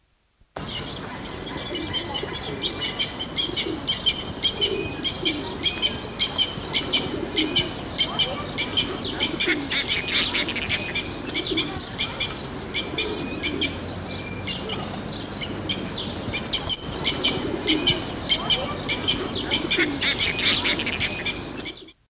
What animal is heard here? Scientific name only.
Bubulcus ibis